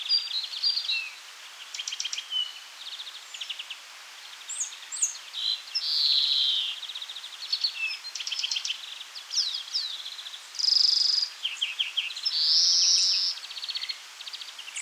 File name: Chloris chloris